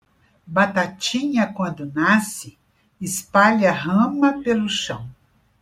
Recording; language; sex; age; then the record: short text; Brazilian Portuguese; female; 70 to 79 years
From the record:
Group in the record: control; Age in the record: 70 years